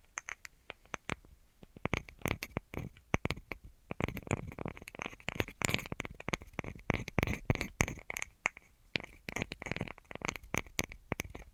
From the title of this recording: ASMR Tingliest Tapping Assortment